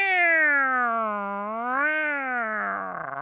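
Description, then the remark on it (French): A person imitates a kitten's meow in one long, drawn-out call whose pitch sags, swoops back up, then breaks into a wavering, raspy finish. “Elle aime ça quand je fais le chaton.”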